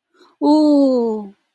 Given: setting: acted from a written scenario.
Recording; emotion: vocal sound without words; distress